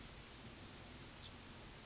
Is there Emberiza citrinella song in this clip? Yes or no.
no